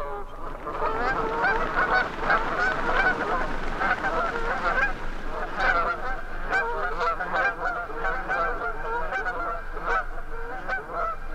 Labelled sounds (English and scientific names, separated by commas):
Canada Goose (Branta canadensis) call